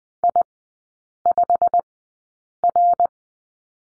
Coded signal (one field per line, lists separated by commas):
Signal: Morse code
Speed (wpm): 20 wpm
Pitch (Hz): 700 Hz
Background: none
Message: I5R